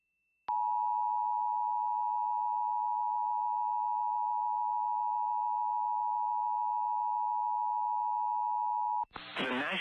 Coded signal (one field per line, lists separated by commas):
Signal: Emergency Alert System (SAME) tones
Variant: 853 and 960 Hz attention tone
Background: speech